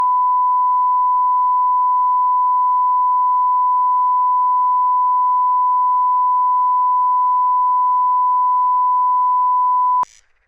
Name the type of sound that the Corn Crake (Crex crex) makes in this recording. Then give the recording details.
song. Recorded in the wild. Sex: male. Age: adult. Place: Schwedt/Oder, Nationalpark Unteres Odertal, Brandenburg, DE. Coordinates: 53.0443, 14.2917. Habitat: meadow. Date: 2021-06-17 00:23. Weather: 14°C, 80% humidity, almost windless. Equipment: Edirol R44, Microtech Gefell MK 250/MV220. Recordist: Frommolt, Karl-Heinz